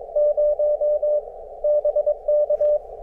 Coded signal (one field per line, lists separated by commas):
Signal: Morse code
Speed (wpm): 22 wpm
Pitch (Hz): 600 Hz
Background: none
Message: 0 BK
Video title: QMX LIVES TO POTA ON! #cw #hamradio #parksontheair